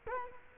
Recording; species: mosquito wingbeat signal from an infrared sensor; Culex quinquefasciatus